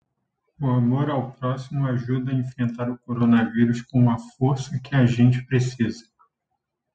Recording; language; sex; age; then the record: spoken sentence; Brazilian Portuguese; male; 30 to 39 years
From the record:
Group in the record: control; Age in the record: 35 years